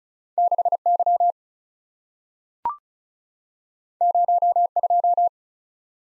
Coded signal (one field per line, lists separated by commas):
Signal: Morse code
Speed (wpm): 36 wpm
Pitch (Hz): 700 Hz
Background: none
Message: 6 Y 0 2